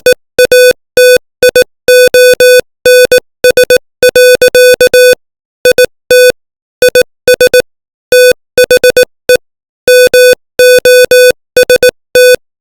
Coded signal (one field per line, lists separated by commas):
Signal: Morse code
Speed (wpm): 18 wpm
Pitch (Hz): 500 Hz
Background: music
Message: EATIONS. IT IS THE MOST